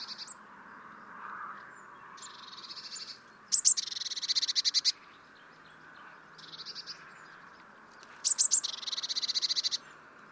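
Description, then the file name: Eurasian blue tit calls: thin high notes leading into fast buzzy, rattling series, given twice a few seconds apart over steady background noise. "Cyanistes caeruleus"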